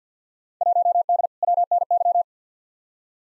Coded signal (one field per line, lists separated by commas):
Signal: Morse code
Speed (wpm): 49 wpm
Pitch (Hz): 700 Hz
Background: none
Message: 1D WNY